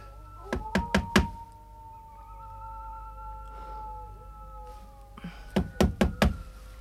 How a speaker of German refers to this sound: Die Haustür ist ja offen. Stimmt. Ach, trotzdem klopf lieber an